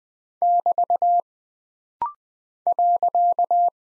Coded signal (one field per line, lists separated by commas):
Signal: Morse code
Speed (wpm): 20 wpm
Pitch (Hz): 700 Hz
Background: none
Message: <BT> .